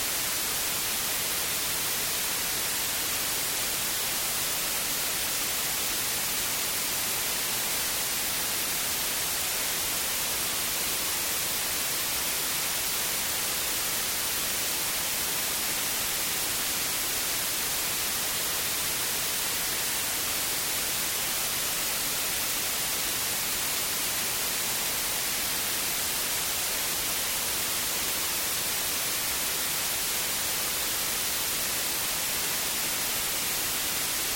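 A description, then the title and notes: White noise hisses evenly for the full length, a dense, unchanging rush that is brightest in the upper range and thinner in the lows. There are no events, breaks or shifts in level, and no other sounds come through beneath it. Headspace White Noise.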